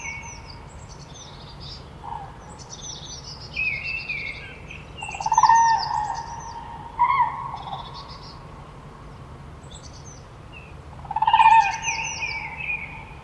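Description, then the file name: Common crane calls: a few loud trumpeting bursts, with chirping small birds throughout and a steady low hum. "trana"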